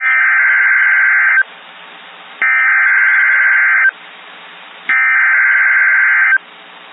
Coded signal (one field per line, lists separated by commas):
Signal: Emergency Alert System (SAME) tones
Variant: header bursts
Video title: Severe T-Storm Warning (EAS 274)